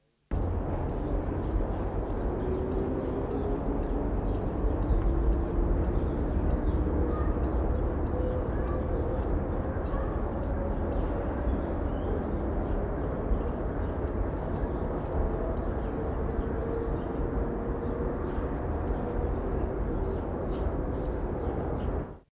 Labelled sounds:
Brown Violetear (Colibri delphinae) call
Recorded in captivity
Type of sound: call
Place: Heidelberg, Baden-Württemberg, DE
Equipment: Halbspur, 9,5 cm/s
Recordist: Lütgens, Hans
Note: bei Dr. Polay(?): Rufe

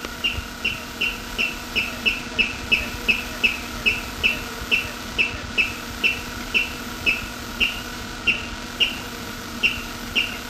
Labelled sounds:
Water Rail (Rallus aquaticus) song
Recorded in the wild
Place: Illmitz, AT
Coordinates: 47.7544, 16.7631
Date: 1964-05-17
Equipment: Uher Report 4000, AKG D190
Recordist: Krey, Winfried

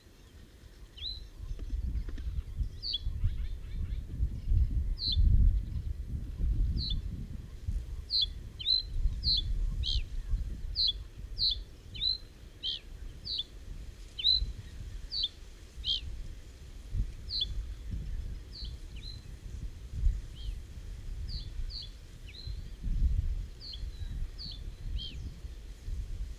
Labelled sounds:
Reed Bunting (Emberiza schoeniclus) song
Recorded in the wild
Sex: male
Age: adult
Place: Hüde, Niedersachsen, DE
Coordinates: 52.485, 8.32222
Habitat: moor, lake
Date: 1970-05-07
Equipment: Uher 4000 Report-S, Bändchenmikro Beyer M 260, Parabolspiegel Polyester (470 mm)
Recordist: Conrads, Klaus

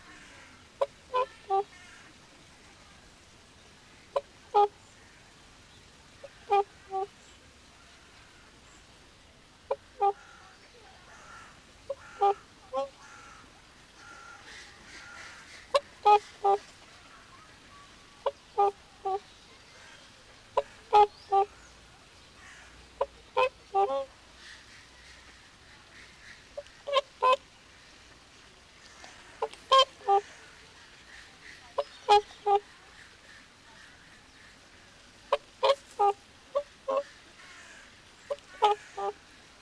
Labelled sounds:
Whooper Swan (Cygnus cygnus) call
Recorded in captivity
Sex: pair
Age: adult
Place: Zoo Berlin, Berlin, DE
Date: 1997-10-18 14:37
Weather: sunny, 12-15°C
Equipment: Nagra SN, Kopie Uher 4000 Report Monitor
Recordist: Tembrock, Günter

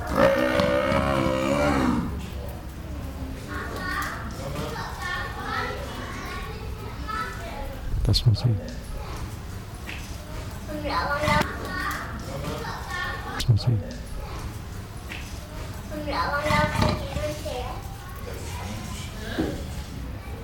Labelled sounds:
Leopard (Panthera pardus)
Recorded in captivity
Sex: pair
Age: adult
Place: Tiergarten Wilhelma/Stuttgart, Baden-Württemberg, DE
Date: 1996-09-18 16:05
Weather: bedeckt, 14°C, teils böiger Wind
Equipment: Sony MD-WM MZ-R3, Sennheiser ME 80, Kopie Uher 4000 Report Monitor
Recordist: Tembrock, Günter

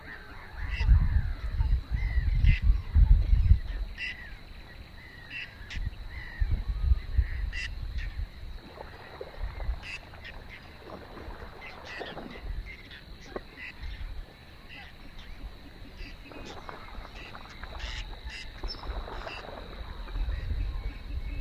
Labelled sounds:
Whiskered Tern (Chlidonias hybrida) call
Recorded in the wild
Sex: group
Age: adult
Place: Warsow, Kummerower See, Mecklenburg-Vorpommern, DE
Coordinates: 53.8367, 12.8356
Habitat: wetland
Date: 2012-05-24 05:16
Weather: 8°C, sunny, weak winds from NE
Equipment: Sound Devices 702, Sennheiser MKH 70, Rycote Windschutz
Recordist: Frommolt, Karl-Heinz

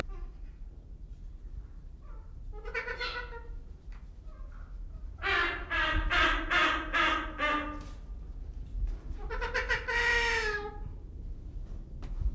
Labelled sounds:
Trumpeter Hornbill (Bycanistes bucinator)
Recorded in captivity
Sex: male
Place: Zoo Berlin, Berlin, DE
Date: 1995-01-14 11:19
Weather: heiter bis wolkig, -1°C
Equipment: Marantz CP 430, Sennheiser ME 80, Kopie Uher Variocord 263
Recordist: Tembrock, Günter

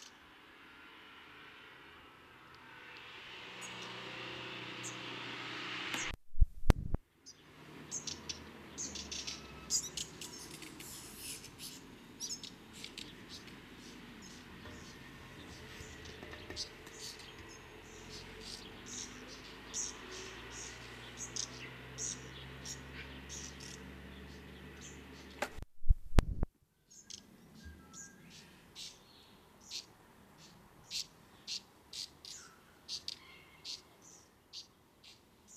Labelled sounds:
Black Redstart (Phoenicurus ochruros) begging call
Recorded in the wild
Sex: diverse
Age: juvenile
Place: Kaiserslautern, Rheinland-Pfalz, DE
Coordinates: 49.4247, 7.77889
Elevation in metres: 279
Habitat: garden
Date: 1976-08-01
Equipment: Nagra IV, Sennheiser MKH 405, Parabolreflektor
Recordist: Tretzel, Erwin

